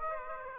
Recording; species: mosquito wingbeat signal from an infrared sensor; Aedes aegypti